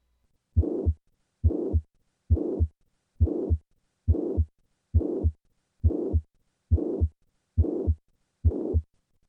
Purely valvular mitral regurgitation. The standing position.